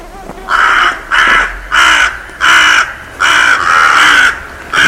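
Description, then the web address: Bird uttering drawn-out, rasping caws, several in a row with short gaps, fairly even in pitch and loudness throughout. "cianscape. Deverinetal 2025. Bird Only"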